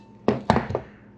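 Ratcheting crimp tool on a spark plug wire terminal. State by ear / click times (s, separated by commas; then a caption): torque reached / 0.3 s, 0.5 s. A ratcheting crimp tool is squeezed onto the metal terminal of a spark plug wire until its ratchet clicks and releases at full compression, giving a solid crimp. Sharp clicks are heard at 0.3 s and 0.5 s, followed by a softer click at about 0.8 s.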